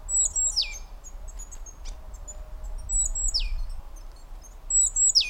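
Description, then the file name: Great tit with three high, piercing calls that swoop downward, plus a brief click and low steady rumble in the background. "Parus major"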